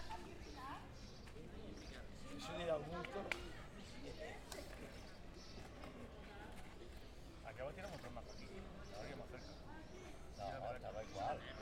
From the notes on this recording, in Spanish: Sonidos de juegos y de personas que juegan al billar a tres bandas, que corren por la calle y que tiran bolos en las plazas de los pueblos.